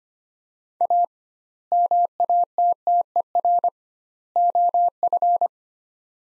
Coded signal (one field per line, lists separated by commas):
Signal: Morse code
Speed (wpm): 25 wpm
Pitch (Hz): 700 Hz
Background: none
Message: A MATTER OF